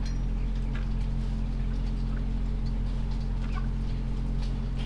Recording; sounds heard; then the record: poultry house recording; sick chickens (respiratory disease)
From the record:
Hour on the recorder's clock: 21